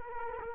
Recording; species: mosquito wingbeat signal from an infrared sensor; Culex quinquefasciatus